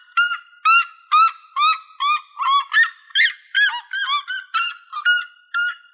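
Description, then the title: Bird calls: clear, evenly spaced honking notes with rising inflections and rich harmonics, about two per second, becoming busier and overlapping midway. "LuckyPassaros CompletosSama"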